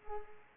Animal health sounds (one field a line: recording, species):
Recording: mosquito wingbeat signal from an infrared sensor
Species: Culex pipiens